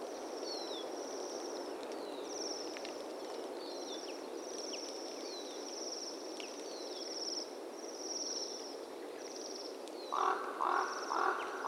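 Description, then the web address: Bohemian waxwings give a run of high, sibilant trills, one after another with brief pauses, then three lower, louder pulsed notes near the end. "sound Bohemian-waxwing. صدای-پرنده-بال-لاکی-بوهمی"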